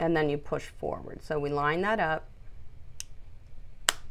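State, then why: Seated. A detachable blade is lined up on a dog clipper and pushed forward while someone talks. A faint click comes at 3.0 s, then a sharp snap at 3.9 s as the blade pops into place and seats on the clipper.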